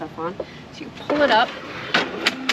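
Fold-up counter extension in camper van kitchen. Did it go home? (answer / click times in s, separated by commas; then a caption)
no / none. A fold-up counter extension in the kitchen of a 2023 Roadtrek Zion Slumber Class B camper van is being pulled up by hand while someone talks. Short handling knocks sound at about 2.0, 2.3 and 2.5 seconds. The clip ends before the support latches, so nothing has seated or clicked yet.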